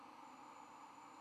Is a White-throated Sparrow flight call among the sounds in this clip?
no